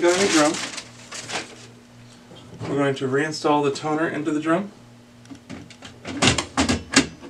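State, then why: Seated. A plastic toner cartridge is reinstalled into the DR720 drum unit of a Brother HL-5470 laser printer while someone talks. Faint plastic knocks and scrapes build to sharper hits near the end, and the cartridge clicks into place at 7.0 s.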